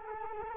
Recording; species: mosquito wingbeat signal from an infrared sensor; Culex quinquefasciatus